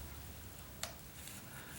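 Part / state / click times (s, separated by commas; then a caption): plastic fitting onto drip irrigation line / seated / 0.8 s. A plastic fitting is pushed onto an unpressurized drip irrigation line to add a bubbler to a flower pot, with the system turned off. Under a steady, hissy background, a single short, sharp click sounds at 0.8 s, and the fitting is seated on the line.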